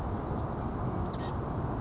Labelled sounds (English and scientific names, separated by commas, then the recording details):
Oak Titmouse (Baeolophus inornatus)
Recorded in Sonoma County, California